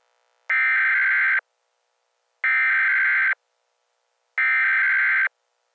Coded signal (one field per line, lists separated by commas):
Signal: Emergency Alert System (SAME) tones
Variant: header bursts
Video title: EAS SCENARIO | America Gone to Hell - Part 2